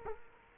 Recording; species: mosquito wingbeat signal from an infrared sensor; Culex quinquefasciatus